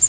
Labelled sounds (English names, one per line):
Prairie Warbler flight call